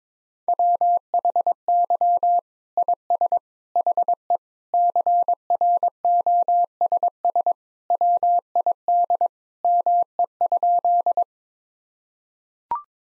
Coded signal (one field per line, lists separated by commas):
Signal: Morse code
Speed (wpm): 21 wpm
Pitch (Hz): 700 Hz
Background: none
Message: WHY IS HE CROSS WID ME?